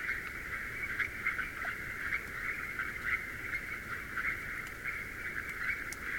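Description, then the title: Frogs calling in a steady, even chorus, with faint clicks and occasional short higher calls on top. Wild frogs in the Garo Hills, Meghalaya, India, in the Himalayas, during the If We Vanish expedition in March 2022; 3D spatial audio. "Garo Hills Frogs, Himalayas - If We Vanish - Part 2"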